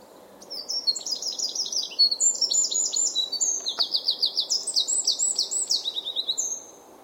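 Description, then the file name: Eurasian wren delivering a loud, rapid song of high trills and chattering notes lasting nearly six seconds, over a steady low hum. "Troglodytes troglodytes"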